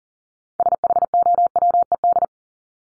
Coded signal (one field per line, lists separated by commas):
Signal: Morse code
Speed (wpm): 40 wpm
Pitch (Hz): 700 Hz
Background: none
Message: SHOWED